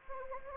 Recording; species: mosquito wingbeat signal from an infrared sensor; Anopheles gambiae